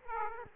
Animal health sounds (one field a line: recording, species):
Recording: mosquito wingbeat signal from an infrared sensor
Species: Aedes aegypti